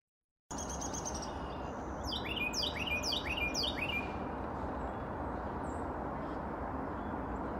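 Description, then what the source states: Chickadee calls: a quick run of sharp, high notes sweeping downward, over a steady background hiss. Male chickadee song, said to sound like "cheeseburger".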